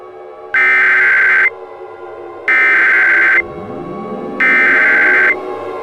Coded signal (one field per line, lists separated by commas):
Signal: Emergency Alert System (SAME) tones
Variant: header bursts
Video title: EAS Scenario - Angga Daffa